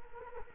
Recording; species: mosquito wingbeat signal from an infrared sensor; Culex quinquefasciatus